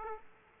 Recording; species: mosquito wingbeat signal from an infrared sensor; Aedes aegypti